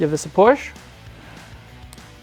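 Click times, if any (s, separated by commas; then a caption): 1.9 s. Someone talks, then a small plastic clip for the fog light adjustment screw is pushed into the plastic fog light housing on a 2014–2019 Chevy Silverado HD. A sharp click at 1.9 s confirms the clip has seated.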